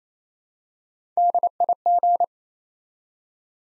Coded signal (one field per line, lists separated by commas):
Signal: Morse code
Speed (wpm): 28 wpm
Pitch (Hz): 700 Hz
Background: none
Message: DIG